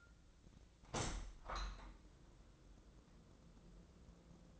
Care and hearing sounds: daily activity, microphone in the room; open window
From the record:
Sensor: 3

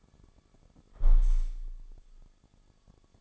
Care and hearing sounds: daily activity, microphone in the room; close window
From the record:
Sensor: 5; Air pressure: 1000.5 hPa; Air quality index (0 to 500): 153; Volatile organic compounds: 2 ppm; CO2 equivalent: 1169 ppm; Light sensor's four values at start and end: 39/92/38/41 and 39/92/38/41

